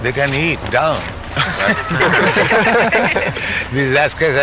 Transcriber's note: laughter